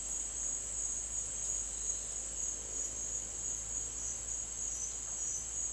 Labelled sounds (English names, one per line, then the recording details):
none
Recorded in secondary vegetation near Puerto Asís, Putumayo, Colombia, on 23 June 2025 at 09:00
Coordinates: 0.499, -76.323
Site G077